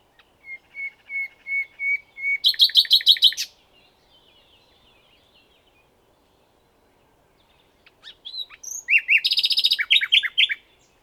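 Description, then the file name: Common nightingale song: a row of even whistled notes building into a fast loud rattling trill, a pause, then a second burst of varied chirps and rapid trilled notes. "Luscinia megarhynchos"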